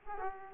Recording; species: mosquito wingbeat signal from an infrared sensor; Aedes aegypti